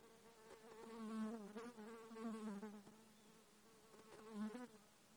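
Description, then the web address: Insect buzzing, a low hum that swells and fades several times as its pitch wavers, with a few faint clicks. Katmai, Alaska, 14 July 2017, 11:47. "alaska INSECTS 20170714 114719"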